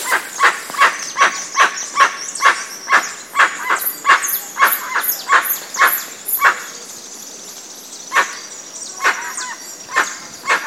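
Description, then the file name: Dusky-legged guan giving loud, harsh barking calls in a rapid series, then fewer and more widely spaced toward the end, over a steady high hum. Recorded in Itatiaia National Park, Rio de Janeiro state, Brazil. "Penelope-obscura-PNItatiaia RJ-BR-8-1-14-ASilveira"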